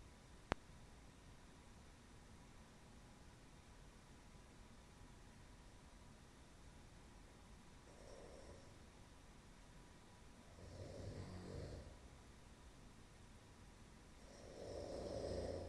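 A quiet room with a click near the start, then three soft, low, rumbling snore breaths at about 8, 11 and 15 seconds, each louder than the one before. These are ordinary snoring sounds from an adult sleeping at work.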